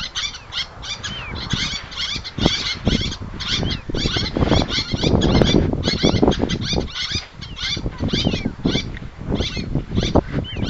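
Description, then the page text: Little tern chorus: loud, densely packed rasping calls, with short falling whistled notes scattered through and heavy low rumble. "Albert Lastukhin - Малая крачка (Sterna albifrons)"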